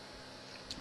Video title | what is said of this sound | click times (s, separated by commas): Nintendo DS Lite vs Game Boy Advance SP Comparison and Review | Pretty uh it's a snug little fit and there's like a you hear a little click. | 0.7 s